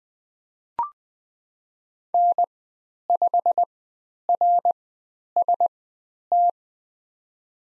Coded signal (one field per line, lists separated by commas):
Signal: Morse code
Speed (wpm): 20 wpm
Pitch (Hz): 700 Hz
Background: none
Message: N5RST